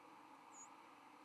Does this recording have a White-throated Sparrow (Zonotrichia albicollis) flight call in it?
yes